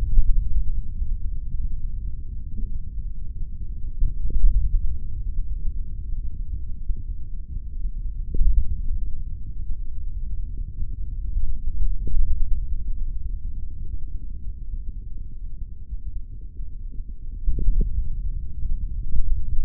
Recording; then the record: forearm muscle sounds (acoustic myography)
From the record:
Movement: index flexion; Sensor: system 3, bracelet of six PUI Audio POM-2738L microphones around the upper forearm, with dedicated amplification and filtering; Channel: 1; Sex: male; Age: 56 years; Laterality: right